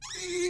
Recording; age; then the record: pig call; weaner (32 to 43 days)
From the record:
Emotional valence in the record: negative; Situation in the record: short isolation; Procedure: open field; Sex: female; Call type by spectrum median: low-frequency call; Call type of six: high-frequency stable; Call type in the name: high-frequency stable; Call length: 0.49 s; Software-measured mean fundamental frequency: 346 Hz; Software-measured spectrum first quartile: 360 Hz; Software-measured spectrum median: 1414 Hz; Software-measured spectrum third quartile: 4526 Hz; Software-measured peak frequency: 353 Hz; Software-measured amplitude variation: 88 dB a second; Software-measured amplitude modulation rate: 13.2 a second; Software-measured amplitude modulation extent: 6.7 dB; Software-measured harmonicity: 8.4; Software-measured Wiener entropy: -2.62